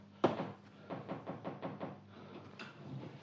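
knocking and door opening

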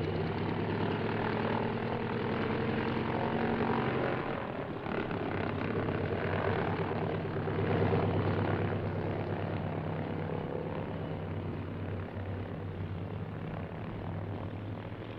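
airplane engine in flight

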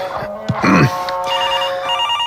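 telephone ringing

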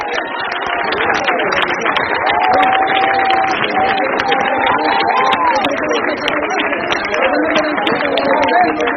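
audience applauding

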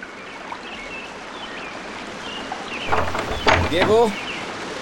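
river water flowing

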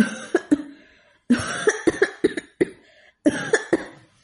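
violent dry coughing

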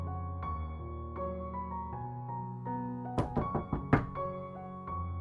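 knocking on a door

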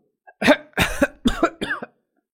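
dry coughing

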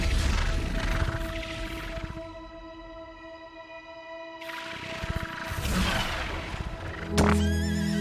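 horse neighing

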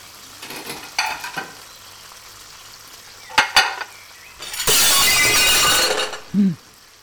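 dishes falling and shattering

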